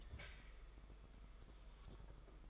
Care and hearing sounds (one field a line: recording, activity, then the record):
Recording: daily activity, microphone in the room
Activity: take from stove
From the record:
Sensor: 5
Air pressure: 991.3 hPa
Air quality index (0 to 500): 91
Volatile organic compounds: 11 ppm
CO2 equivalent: 2283 ppm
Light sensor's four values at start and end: 33/103/40/42 and 33/104/40/42